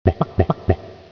Daily life hiccup sound.